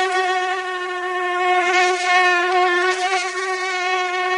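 Mosquito buzz, a steady droning whine with rich overtones that wavers slightly in pitch and loudness throughout.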